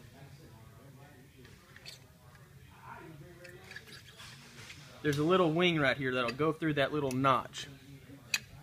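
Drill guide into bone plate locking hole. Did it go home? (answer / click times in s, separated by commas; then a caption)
yes / 8.3 s. A metal drill guide is pushed into a locking hole of a distal femoral bone plate after its wing is lined up with the notch, while someone talks. A single sharp click at 8.3 s marks the guide snapping into the plate's locking hole.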